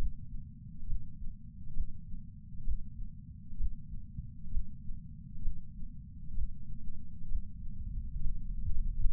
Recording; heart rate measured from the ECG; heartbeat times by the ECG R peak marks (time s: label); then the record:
heart sounds by patch sensor on the chest; 65 bpm
0.84 s: heartbeat
1.71 s: heartbeat
2.62 s: heartbeat
3.55 s: heartbeat
4.48 s: heartbeat
5.39 s: heartbeat
6.32 s: heartbeat
7.26 s: heartbeat
8.18 s: heartbeat
9.10 s: heartbeat
From the record:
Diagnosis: coronary artery disease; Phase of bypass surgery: preoperative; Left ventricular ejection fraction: 60.1%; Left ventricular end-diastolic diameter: 44 mm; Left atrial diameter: 42 mm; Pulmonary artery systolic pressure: 26 mmHg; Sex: female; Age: 80 years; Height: 156 cm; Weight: 70 kg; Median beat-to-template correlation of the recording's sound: 0.93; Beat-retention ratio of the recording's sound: 0.99